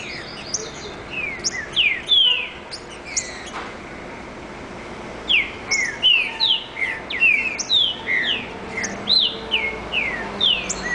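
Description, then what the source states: Green-winged saltator song, phrases of clear slurred whistles, mostly falling notes, delivered in quick bursts with short pauses between phrases. Brazil.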